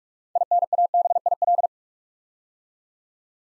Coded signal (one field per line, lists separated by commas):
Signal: Morse code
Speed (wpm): 44 wpm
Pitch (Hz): 700 Hz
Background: none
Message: INABIL